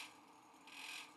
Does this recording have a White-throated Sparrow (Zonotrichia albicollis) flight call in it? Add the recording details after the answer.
no. No flight call is heard. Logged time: 06:03 on 5 December 2014